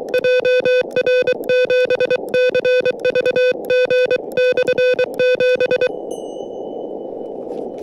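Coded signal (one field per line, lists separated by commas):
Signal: Morse code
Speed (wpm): 23 wpm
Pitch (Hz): 500 Hz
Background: none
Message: JR7CVG/7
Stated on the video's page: Morse from a SOTA summit activation on 40m, 5W QRP from an Elecraft KH1 with whip antenna, sent with an iambic KH1 paddle.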